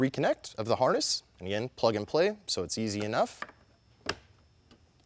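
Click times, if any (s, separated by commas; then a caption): 4.1 s. Someone talks while reconnecting the wiring harness plug to its mating connector inside a Whelen Responder Linear Super-LED Mini Lightbar. A sharp snap is heard at 4.1 s as the plug seats and locks in tight.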